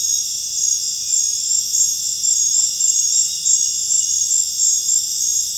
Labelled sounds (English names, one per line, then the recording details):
none
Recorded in dense forest near Puerto Asís, Putumayo, Colombia, on 26 December 2024 at 21:00
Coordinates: 0.484, -76.325
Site G056